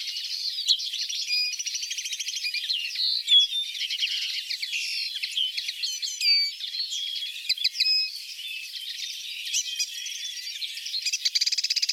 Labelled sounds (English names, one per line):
Common Linnet song